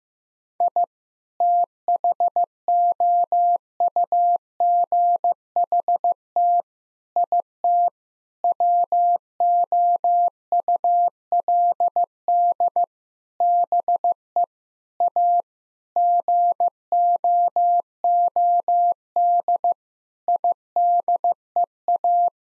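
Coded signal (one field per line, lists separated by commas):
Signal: Morse code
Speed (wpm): 16 wpm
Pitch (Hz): 700 Hz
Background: none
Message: I THOUGHT IT WOULD BE A GOOD IDEA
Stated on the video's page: Sets of nine common English words sent at 15 wpm as a head-copy drill; each set is sent, spoken, then sent again.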